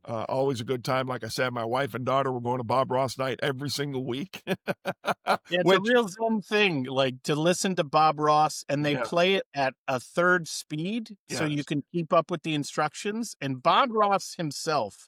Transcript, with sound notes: Always a good time. Like I said, my wife and daughter were going to Bob Ross night every single week. (laughing)
It’s a real zen thing, like, to listen to Bob Ross, and they play it at a third speed so you can keep up with the instructions, and Bob Ross himself